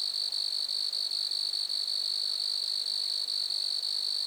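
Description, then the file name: Continuous high-pitched grasshopper trill, buzzy and evenly pulsed, with a faint higher overtone. Lac-à-François, Montcerf-Lytton, Quebec, Canada. "criquets-grasshoppers- -lac-acc 80-franccca 7 ois-montcerf-lytton-quecc 81 bec-canada"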